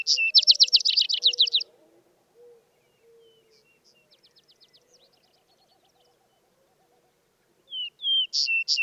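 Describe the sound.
Vesper Sparrow singing: a rapid high trill closes one song, a long quiet stretch with a faint low hum follows, then the opening whistles of another song begin.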